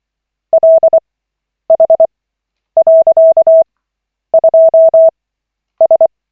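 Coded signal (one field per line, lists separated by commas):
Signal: Morse code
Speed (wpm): 24 wpm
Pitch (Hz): 650 Hz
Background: none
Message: LH.2S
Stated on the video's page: Koch method Morse practice session, lesson 28 of 40, from an online trainer.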